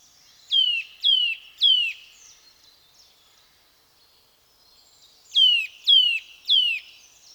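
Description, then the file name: Eurasian nuthatch calls: loud, downslurred whistled notes given in two bursts of three, separated by several seconds of near silence. "Sitta europaea"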